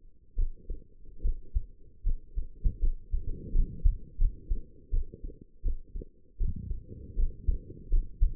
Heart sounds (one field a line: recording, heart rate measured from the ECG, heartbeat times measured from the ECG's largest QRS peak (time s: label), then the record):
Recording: heart sounds by stethoscope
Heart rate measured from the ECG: 80 bpm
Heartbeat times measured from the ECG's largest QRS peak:
0.35 s: heartbeat
1.21 s: heartbeat
2.03 s: heartbeat
2.79 s: heartbeat
3.52 s: heartbeat
4.17 s: heartbeat
4.90 s: heartbeat
5.62 s: heartbeat
6.37 s: heartbeat
7.16 s: heartbeat
7.90 s: heartbeat
From the record:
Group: healthy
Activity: rest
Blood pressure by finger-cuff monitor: 105/70 mmHg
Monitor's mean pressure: 80 mmHg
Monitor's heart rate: 83 bpm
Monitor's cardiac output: 5.9 L/min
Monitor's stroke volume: 73 mL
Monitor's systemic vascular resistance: 980 dyn s/cm5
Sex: female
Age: 22 years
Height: 160 cm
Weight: 45 kg